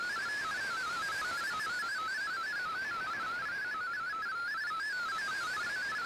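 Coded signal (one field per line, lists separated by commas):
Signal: multi-tone FSK (Olivia or MFSK type)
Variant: MFSK32 or MFSK64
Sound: rapid warbling single tone hopping among many pitches, continuous, over hiss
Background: radio static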